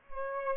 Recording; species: mosquito wingbeat signal from an infrared sensor; Aedes aegypti